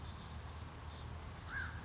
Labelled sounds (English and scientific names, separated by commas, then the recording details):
Oak Titmouse (Baeolophus inornatus)
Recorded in Sonoma County, California